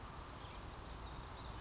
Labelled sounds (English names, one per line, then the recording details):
Western Flycatcher
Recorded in Sonoma County, California